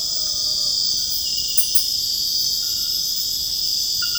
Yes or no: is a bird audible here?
no